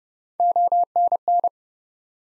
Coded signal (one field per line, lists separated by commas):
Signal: Morse code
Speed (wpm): 30 wpm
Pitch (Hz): 700 Hz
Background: none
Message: ONN